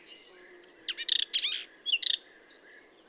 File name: Hippolais languida song